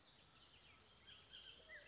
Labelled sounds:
Bullock's Oriole
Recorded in Sonoma County, California

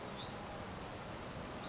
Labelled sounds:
Hutton's Vireo
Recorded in Sonoma County, California

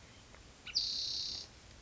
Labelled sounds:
Spotted Towhee
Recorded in Sonoma County, California

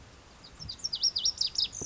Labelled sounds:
Lazuli Bunting
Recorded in Sonoma County, California

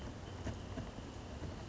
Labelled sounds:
Wrentit
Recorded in Sonoma County, California

